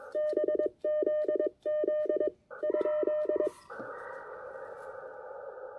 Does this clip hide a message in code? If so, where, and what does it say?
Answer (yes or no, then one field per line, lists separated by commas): yes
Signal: Morse code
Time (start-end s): 0.2-3.5 s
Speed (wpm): 22 wpm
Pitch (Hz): 610 Hz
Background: none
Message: BZZ?